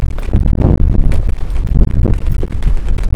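Strong wind buffets the microphone in a continuous low rumble, with gusty surges and scattered thumps and crackles across the whole stretch.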